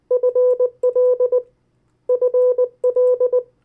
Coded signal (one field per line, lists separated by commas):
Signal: Morse code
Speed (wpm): 19 wpm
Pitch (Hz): 500 Hz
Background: none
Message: FL FL